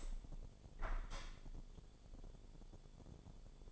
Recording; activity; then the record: daily activity, microphone in the room; open window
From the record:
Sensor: 5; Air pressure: 1015.0 hPa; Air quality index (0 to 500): 106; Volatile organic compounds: 2 ppm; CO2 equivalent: 1128 ppm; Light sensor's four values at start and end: 35/81/33/31 and 35/81/33/31